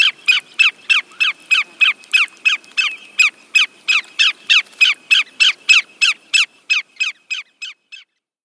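Greater yellowlegs calling a long, steady series of loud piercing notes, about three each second, slowing and fading slightly toward the end.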